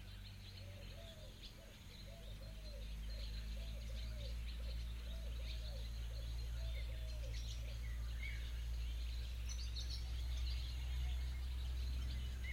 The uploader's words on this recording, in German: D.U.N.A. (Diluted Units of Natural Atmosphere) - BINAURAL. Ein Portrait der Donau an ihrer Mündung, dem fantastischen Donaudelta in Rumänien. Mittels Kunstkopf-Stereophonie hat der Komponist Karlheinz Essl Soundscapes aufgenommen.